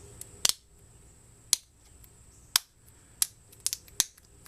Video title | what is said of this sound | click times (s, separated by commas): Scuba Mask and Proshot Gopro Mounts with Mail Calls! | and you know that's locked in that's not going to come off your helmet when you hear that click | 0.4 s, 1.5 s, 2.6 s, 3.2 s, 3.7 s, 4.0 s